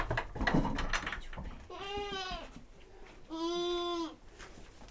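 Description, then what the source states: Domestic goat bleating twice, two wavering harmonic bleats of about a second each, with rustling and knocking noises at the start. Domestic goat in a farmyard.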